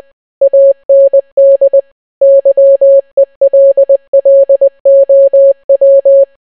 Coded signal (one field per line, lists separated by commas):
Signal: Morse code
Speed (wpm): 20 wpm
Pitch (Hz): 550 Hz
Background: none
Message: AND YELLOW